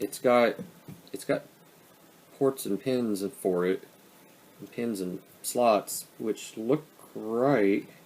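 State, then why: Not seated. An upgrade-kit plastic part is lined up by its pins and slots on a transforming robot figure while someone talks. The part is only being handled, and nothing has seated or clicked yet.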